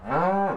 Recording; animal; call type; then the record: contact call of a hoofed animal; cattle; low-frequency (closed-mouth) or high-frequency (open-mouth) call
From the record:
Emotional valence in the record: negative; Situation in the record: full separation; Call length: 0.57 s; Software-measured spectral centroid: 1040 Hz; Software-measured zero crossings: 1450 a second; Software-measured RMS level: -24 dBFS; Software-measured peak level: -11 dBFS